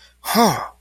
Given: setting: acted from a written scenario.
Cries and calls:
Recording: vocal sound without words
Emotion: negative surprise

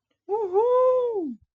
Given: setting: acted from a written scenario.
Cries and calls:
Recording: vocal sound without words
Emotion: elation

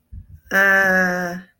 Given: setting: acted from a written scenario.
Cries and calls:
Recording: vocal sound without words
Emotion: confusion

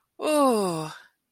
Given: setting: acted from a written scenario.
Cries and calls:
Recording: vocal sound without words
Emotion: adoration

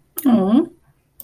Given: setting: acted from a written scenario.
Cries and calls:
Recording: vocal sound without words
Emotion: adoration

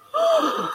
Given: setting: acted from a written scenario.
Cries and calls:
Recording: vocal sound without words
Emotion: elation

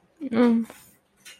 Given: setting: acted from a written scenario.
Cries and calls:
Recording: vocal sound without words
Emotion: sadness

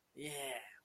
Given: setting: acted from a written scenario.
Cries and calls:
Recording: vocal sound without words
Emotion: realization

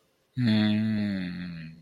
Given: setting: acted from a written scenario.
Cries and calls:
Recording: vocal sound without words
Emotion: sadness

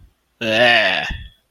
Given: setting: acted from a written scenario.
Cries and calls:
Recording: vocal sound without words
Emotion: disgust

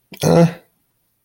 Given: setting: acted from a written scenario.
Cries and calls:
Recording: vocal sound without words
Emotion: neutral

